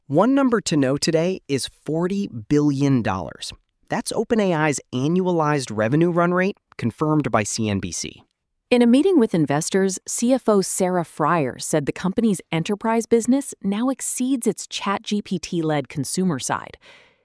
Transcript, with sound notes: One number to know today is 40 billion dollars. That’s OpenAI’s annualized revenue run rate, confirmed by CNBC.
[with emphasis] In a meeting with investors, CFO Sarah Friar said the company’s enterprise business now exceeds its ChatGPT-led consumer side.